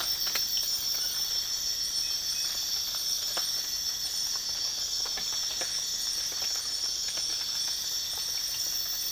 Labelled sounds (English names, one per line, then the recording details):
none
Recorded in dense forest near Puerto Asís, Putumayo, Colombia, on 12 March 2025 at 04:30
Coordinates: 0.484, -76.325
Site G045